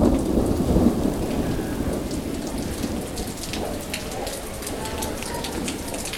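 Heavy rain pours in a steady, dense hiss while a deep rumble of thunder rolls underneath, loudest in the first second before settling into a continuous low growl.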